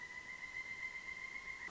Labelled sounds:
Pileated Woodpecker

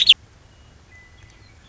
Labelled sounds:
Western Meadowlark

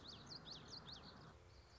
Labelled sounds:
Common Yellowthroat

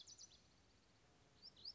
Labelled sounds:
Lazuli Bunting

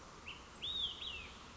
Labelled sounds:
Olive-sided Flycatcher

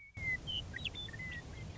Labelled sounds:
Western Meadowlark

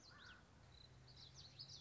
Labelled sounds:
Common Yellowthroat

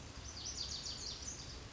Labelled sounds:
Lazuli Bunting

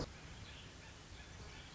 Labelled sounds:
Pacific Wren

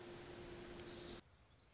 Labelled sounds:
Black-throated Gray Warbler

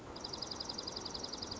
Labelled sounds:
Dark-eyed Junco

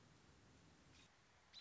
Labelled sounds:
American Robin

